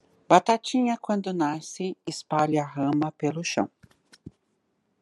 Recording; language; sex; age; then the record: short text; Brazilian Portuguese; female; 50 to 59 years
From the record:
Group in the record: control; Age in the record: 58 years